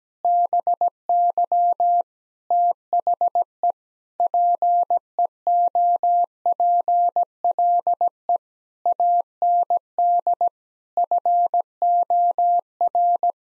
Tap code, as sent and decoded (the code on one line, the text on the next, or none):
none